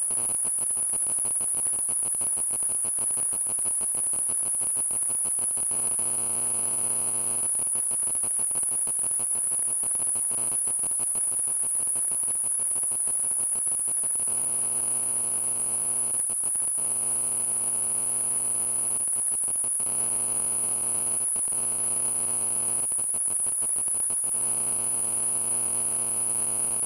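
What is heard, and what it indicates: A steady, piercing high-pitched whistle runs unbroken through the whole clip, layered over a rough background of buzzing, pulsing and humming tones. This is a simulation of tinnitus, the constant ringing or tone a person with the condition hears in the ears.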